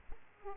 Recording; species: mosquito wingbeat signal from an infrared sensor; Aedes aegypti